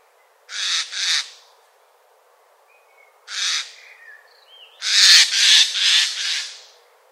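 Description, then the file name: Eurasian jay, loud grating screeches: a doubled call, a single one, then a longer run of three or four rough bursts close together. "Garrulus glandarius"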